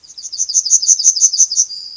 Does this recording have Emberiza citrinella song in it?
yes